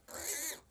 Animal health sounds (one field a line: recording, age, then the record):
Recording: pig call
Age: piglet (1 to 25 days)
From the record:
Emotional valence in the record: negative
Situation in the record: restrain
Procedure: back test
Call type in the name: high-frequency call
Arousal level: medium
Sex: female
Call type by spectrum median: high-frequency call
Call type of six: high-frequency stable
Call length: 0.70 s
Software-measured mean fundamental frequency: 305 Hz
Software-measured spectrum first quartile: 3064 Hz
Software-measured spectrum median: 6505 Hz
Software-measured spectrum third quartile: 8716 Hz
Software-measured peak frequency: 7950 Hz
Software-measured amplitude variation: 132 dB a second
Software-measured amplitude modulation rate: 20.6 a second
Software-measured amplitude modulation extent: 6.4 dB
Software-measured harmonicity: 0.9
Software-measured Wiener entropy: -1.58